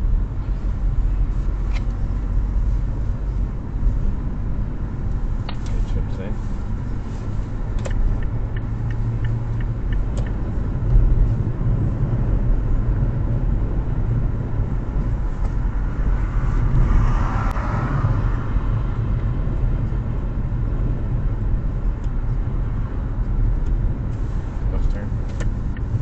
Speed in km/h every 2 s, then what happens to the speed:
39, 41, 45, 47, 51, 53, 55, 55, 53, 50, 48, 46, 46.
0-12 speeds up to 55. 12-26 slows to 46.